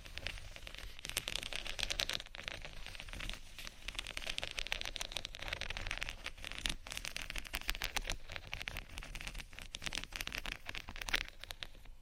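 A crystal sticker sheet is scratched and tapped in a dense, busy run of crisp crackling and small clicks that continues throughout. Sharper taps stand out now and then, around one, six and eleven seconds, over a faint low rumble underneath.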